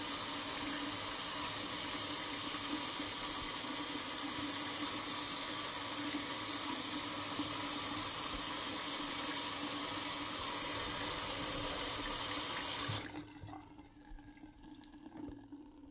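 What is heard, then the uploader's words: A hair dryer or running water from a hair styling session gives a steady, dense rushing sound with a thin high whine and a low hum underneath. It cuts off abruptly around thirteen seconds, leaving near quiet with a few faint small sounds. Gentle Hair Styling. Brushing, Shampoo, Blowdry, Scissors, Flat Iron.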